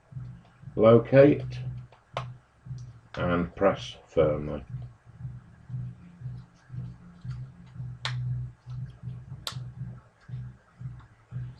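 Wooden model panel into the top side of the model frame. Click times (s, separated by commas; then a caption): 8.1 s, 9.5 s. Pre-cut timber pieces from an Incredibuilds wooden Star Wars Star Destroyer kit are located and pressed firmly together, fitting a wooden model panel into the top side of the model frame while someone talks over a steady low hum. Two sharp timber clicks ring out at 8.1 s and 9.5 s as the parts seat into place.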